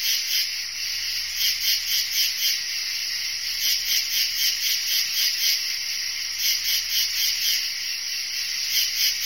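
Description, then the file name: Crickets give a continuous shrill chirping in rapid, even pulses. Sound-effect recording of crickets. "bruitage grillons"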